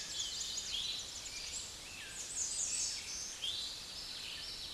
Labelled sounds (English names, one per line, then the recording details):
Eastern Towhee song
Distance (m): 20 m
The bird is about 5 m above the microphone
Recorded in a Pennsylvania forest on 16 May 2024 at 06:16
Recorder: AudioMoth, point MSD-1411
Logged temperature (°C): 16.1 °C
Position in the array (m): 50 m, 171 m